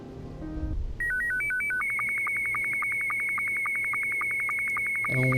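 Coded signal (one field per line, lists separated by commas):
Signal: SSTV (slow-scan television)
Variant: Scottie 2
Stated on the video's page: SSTV from a Friday Night Funkin mod ARG.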